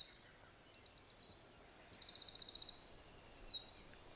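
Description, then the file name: Olive-backed Pipit song, a continuous run of very high, thin trills and buzzy phrases at varying pitch. Recorded at Mt Hinoki. "Indian Tree Pipit At Mt Hinoki"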